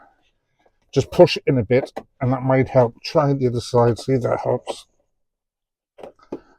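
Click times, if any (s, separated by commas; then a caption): 6.3 s. A pry tool is worked into the gap at the top of a plastic interior trim panel in a car to pop its retaining clip out. Someone talks for most of the clip, then a faint tick sounds at about 6.0 s and a sharper click at 6.3 s as the clip pops off and the panel is released.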